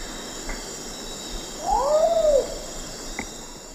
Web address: Natures Songs S America Eastern Lowlands. Nyctibius aethereus, songs 2 birds